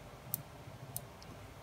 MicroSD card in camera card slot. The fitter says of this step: heard that little click and we're done now i can put the camera back together